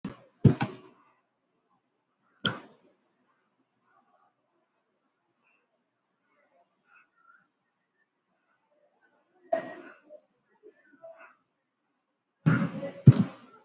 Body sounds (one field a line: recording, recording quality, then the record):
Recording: deep breathing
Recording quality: poor, much background noise or distortion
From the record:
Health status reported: healthy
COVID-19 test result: negative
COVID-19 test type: RT-PCR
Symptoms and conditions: cough, cold, fever, fatigue, loss of smell and taste, hypertension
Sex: male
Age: 42 years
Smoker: no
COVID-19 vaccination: one dose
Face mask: worn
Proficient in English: yes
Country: India